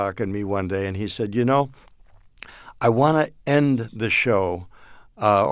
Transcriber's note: none